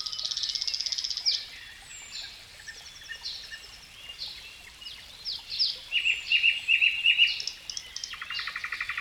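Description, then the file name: Bird song of high buzzy phrases, a few clear chirps repeated in quick succession, then a low rapid trill at the end. "melodiez vogels"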